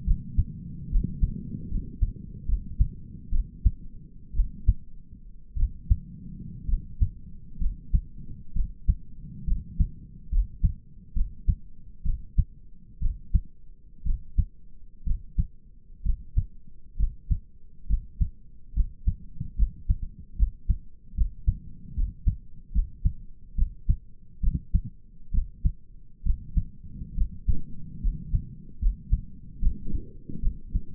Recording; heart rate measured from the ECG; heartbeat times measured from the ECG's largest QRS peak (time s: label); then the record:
heart sounds by stethoscope; 67 bpm
0.07 s: heartbeat
0.91 s: heartbeat
1.70 s: heartbeat
2.48 s: heartbeat
3.32 s: heartbeat
4.35 s: heartbeat
5.57 s: heartbeat
6.68 s: heartbeat
7.61 s: heartbeat
8.55 s: heartbeat
9.47 s: heartbeat
10.32 s: heartbeat
11.16 s: heartbeat
12.05 s: heartbeat
13.02 s: heartbeat
14.06 s: heartbeat
15.06 s: heartbeat
16.05 s: heartbeat
16.98 s: heartbeat
17.89 s: heartbeat
18.75 s: heartbeat
19.57 s: heartbeat
20.38 s: heartbeat
21.16 s: heartbeat
21.96 s: heartbeat
22.74 s: heartbeat
23.57 s: heartbeat
24.42 s: heartbeat
25.33 s: heartbeat
26.25 s: heartbeat
27.16 s: heartbeat
28.02 s: heartbeat
28.81 s: heartbeat
29.62 s: heartbeat
30.42 s: heartbeat
From the record:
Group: healthy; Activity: rest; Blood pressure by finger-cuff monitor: 114/72 mmHg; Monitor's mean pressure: 84 mmHg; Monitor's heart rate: 67 bpm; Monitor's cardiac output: 5.9 L/min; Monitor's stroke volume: 88 mL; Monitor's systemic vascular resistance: 1070 dyn s/cm5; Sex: male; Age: 22 years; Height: 181 cm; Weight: 79 kg